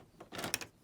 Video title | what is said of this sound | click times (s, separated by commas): LEGO Star Wars - BIGGEST Venator Class Star Destroyer MOC Update 32 | and I'll lock in place it's pretty sturdy | 0.5 s